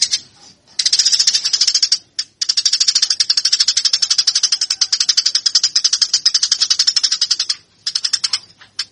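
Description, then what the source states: Eurasian tree sparrow chattering song: a dense run of rapid, high, harsh chirps, briefly broken by short pauses near the start and end. Master song used to train fighting (tarung) tree sparrows.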